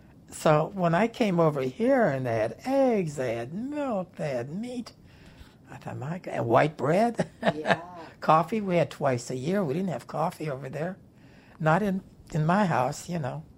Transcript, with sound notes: So when I came over here and they had eggs, they had milk, they had meat, I thought, "My God,"—and white (laughs)
Yeah.
Coffee, we had twice a year—we didn't have coffee over there, not in my house, you know.